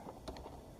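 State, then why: Seated. On a Dacia Renault 0.9 Turbo, after the spark plugs are replaced with NGK Laser Iridium plugs, the plastic electrical connector is pushed back onto the ignition coil. A faint tick at 0.1 s is followed by a sharp, short snap at 0.3 s and a lighter tick at 0.4 s. The connector clicks in and is seated at 0.3 s.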